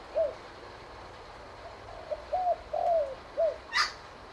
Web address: Sound Effects-Foundation 1 BIRD SPOTTED TURTLE DOVE CALL